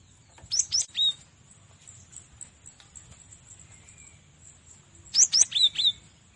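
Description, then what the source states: Cinereous tit giving two short bursts of high, thin whistled notes, one near the start and one near the end. Masteran recording used to train other songbirds.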